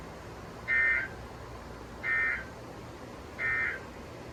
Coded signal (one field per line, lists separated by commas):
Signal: Emergency Alert System (SAME) tones